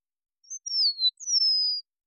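Eastern meadowlark song: a short phrase of clear, high whistled notes slurring downward, ending in a long sustained whistle; quiet background.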